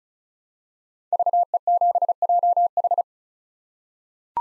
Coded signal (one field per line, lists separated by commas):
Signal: Morse code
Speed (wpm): 34 wpm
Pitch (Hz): 700 Hz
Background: none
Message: VE7JH